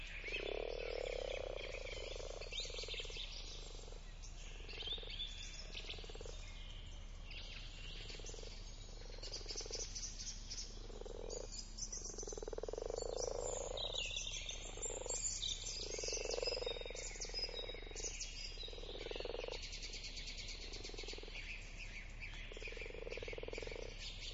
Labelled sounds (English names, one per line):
Common Frog call